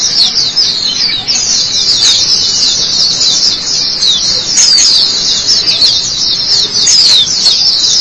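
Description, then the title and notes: White-eye song: an unbroken, high warbling chatter of quick slurred notes, fairly even in loudness. White-eye chirping song. "Kicauan Burung Pleci Durasi Panjang. Suara kicauan burung pleci"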